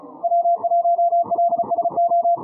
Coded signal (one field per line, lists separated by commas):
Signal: Morse code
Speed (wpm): 33 wpm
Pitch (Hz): 680 Hz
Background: music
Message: W1LSO